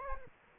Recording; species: mosquito wingbeat signal from an infrared sensor; Aedes aegypti